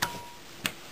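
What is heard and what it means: An air manifold is pulled off a paintball marker body by hand, released with two short, sharp clicks at 0.0 s and 0.7 s. The first click leaves a faint, steady ping near 1 kHz that fades out over about half a second.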